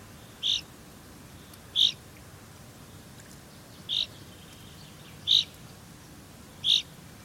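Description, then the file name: Common chaffinch calls: five short, sharp single notes, high-pitched and spaced about every one and a half to two seconds, over a steady low background hiss. "Fringilla coelebs"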